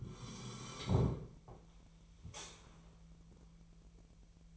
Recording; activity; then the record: daily activity, microphone in the room; sit down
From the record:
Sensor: 1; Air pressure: 1002.0 hPa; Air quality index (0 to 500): 244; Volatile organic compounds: 110 ppm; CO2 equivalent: 3820 ppm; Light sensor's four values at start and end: 11/26/11/12 and 11/26/11/13